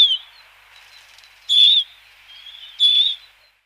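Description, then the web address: Crimson-winged finch calls: a few loud short notes with softer drawn notes between. "Schulze Peter Crimson-winged Finch calls"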